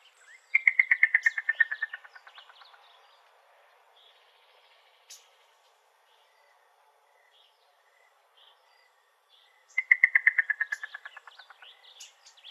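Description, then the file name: Yellow-billed cuckoo repeating its knocking call twice, each a fast burst of hollow notes that falls in pitch and fades. Recorded in Arizona. "YBCU 2 Deviche"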